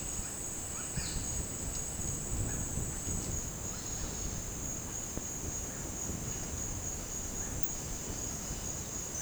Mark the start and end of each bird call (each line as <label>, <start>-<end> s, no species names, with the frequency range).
bird call (0.6-5.3 kHz), 0.72-1.21 s